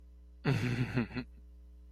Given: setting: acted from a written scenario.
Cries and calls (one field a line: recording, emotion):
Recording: vocal sound without words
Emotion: adoration